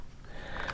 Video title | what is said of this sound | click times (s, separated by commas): How To Setup Foscam C2W Using Windows PC Mac OS X Computer | So, for the network cable, just make sure you push it into the network port all the way. You'll hear a click. | 0.7 s